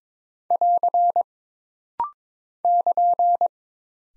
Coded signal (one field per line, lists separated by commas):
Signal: Morse code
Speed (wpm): 22 wpm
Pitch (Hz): 700 Hz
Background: none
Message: <AR> <KN>